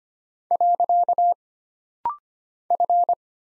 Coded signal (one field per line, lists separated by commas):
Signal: Morse code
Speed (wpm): 25 wpm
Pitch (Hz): 700 Hz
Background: none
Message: . F